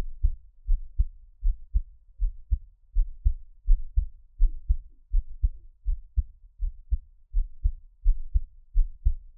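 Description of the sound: Steady, regular low double thumps at about 80 a minute: an adult's own heartbeat heard close up, with no talking.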